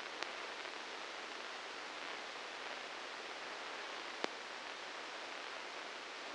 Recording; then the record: brain microelectrode recording played as sound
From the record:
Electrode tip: inside the subthalamic nucleus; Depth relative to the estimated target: -3 mm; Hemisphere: left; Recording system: NeuroSet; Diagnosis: Parkinson's disease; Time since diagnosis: 19 years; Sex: female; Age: 69 years